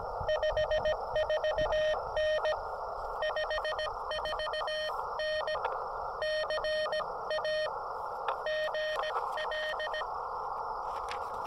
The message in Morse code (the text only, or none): 54N 54N CA GL